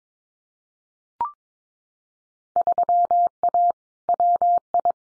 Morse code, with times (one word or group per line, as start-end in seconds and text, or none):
2.6-3.7 3A
4.1-4.9 WI